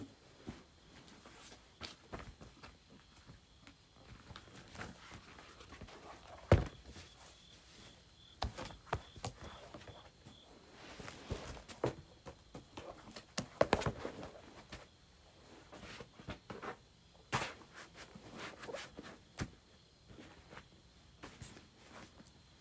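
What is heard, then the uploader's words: Various items are moved around in irregular bursts of knocks, scrapes and thuds, with sharper clatters near seconds 6, 12 and 14 over faint hiss. ASMR Moving Various Items Around.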